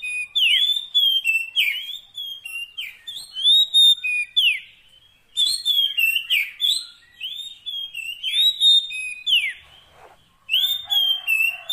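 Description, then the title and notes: Oriental magpie-robin pouring out bright whistled song, repeated downward slurs and high twitters in phrases separated by short pauses. Kacer fill-in tutor song of long duration, meant to get the bird singing heavily day and night. "Kacer Jadi Gacor Siang Malam. Isian Kacer Durasi Panjang"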